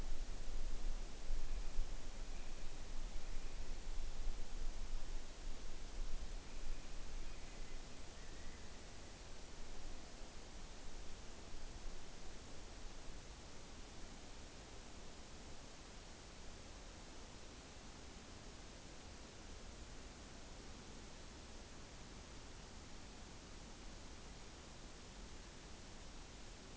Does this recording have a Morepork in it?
no